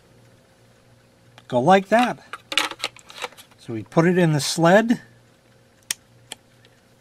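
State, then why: Seated. A bare 3.5-inch hard drive is pushed into the plastic sled of an external enclosure while someone talks. A sharp click is heard at 5.9 seconds as the drive's SATA connector seats in the sled, followed by a fainter tick at about 6.3 seconds.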